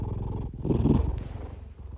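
A low, rumbling, fluttering sound with fine regular pulses, swelling in the middle and fading toward the end. It is the snoring of a sleeping brown tabby cat called 'Big Brother', heard at home in everyday life, close in character to a purr.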